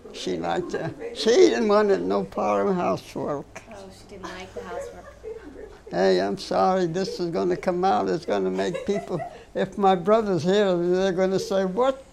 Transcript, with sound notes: She liked to, she didn't want no part of housework.
Oh, she didn't like the housework.
(laugh) Hey, I'm sorry this is going to come out, it's going to make people - (laugh) If my brothers hear this, they're going to say, "What?"